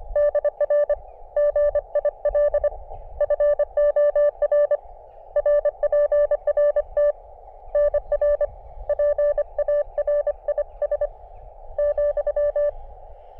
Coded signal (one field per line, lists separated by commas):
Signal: Morse code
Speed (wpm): 25 wpm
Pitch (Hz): 590 Hz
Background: none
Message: DR GIL FOR RPRT NR PARIS ,